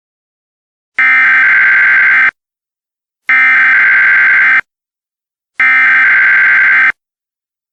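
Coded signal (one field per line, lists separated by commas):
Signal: Emergency Alert System (SAME) tones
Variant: header bursts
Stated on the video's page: Simulated alert scenario.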